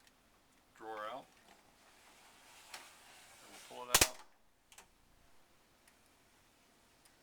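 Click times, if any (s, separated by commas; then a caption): none. Someone talks while the MET-80 gas sampling module drawer, its screws already removed, is pulled out of an instrument cabinet on its metal slide rails, with a few sliding and handling knocks and one loud thump near 4.0 s. The rail stops have not clicked or latched yet at the end of the clip.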